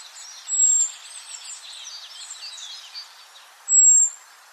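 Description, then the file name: Common blackbird giving two thin, very high drawn-out whistled notes about three seconds apart, over constant background twittering. "Turdus merula"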